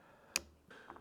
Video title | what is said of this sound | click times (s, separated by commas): Adding This Will Improve Your Trigger - Enhanced Over Travel Trigger Stop | So the click you heard was the actual slide stop locking into those 2 notches on the pin. | 0.4 s